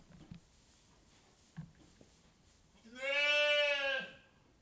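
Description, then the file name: Sheep bleat: soft rustling and faint knocks at first, then one loud, sustained, quavering bleat lasting about a second. Several sheep in a sheepfold with straw. "Moutons - Bergerie - Paille"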